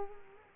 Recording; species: mosquito wingbeat signal from an infrared sensor; Culex quinquefasciatus